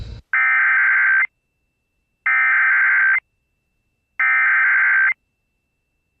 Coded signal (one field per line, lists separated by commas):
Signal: Emergency Alert System (SAME) tones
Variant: header bursts